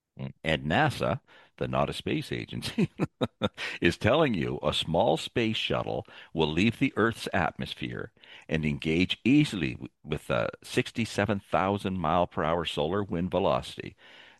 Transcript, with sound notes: And NASA, the Not A Space Agency, (laughs) is telling you a small space shuttle will leave the Earth's atmosphere and engage easily w- with a 67,000-mile-per-hour solar wind velocity.